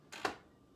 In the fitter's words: When you hear that click, if you don't hear that click, then it's not on there.